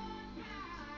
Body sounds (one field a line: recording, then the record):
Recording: background sound without coughing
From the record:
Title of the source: BackgroundMusic2